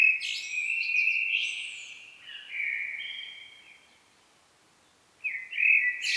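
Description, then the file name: Common blackbird singing a rich fluty phrase with thin scratchy notes, a pause, then another phrase starts near the end. "Turdus merula"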